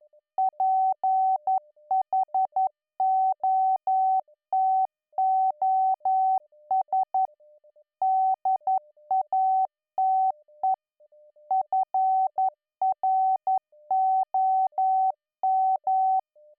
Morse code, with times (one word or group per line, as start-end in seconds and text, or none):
0.4-7.3 PHOTOS
8.0-10.7 DATE
11.5-16.2 FROM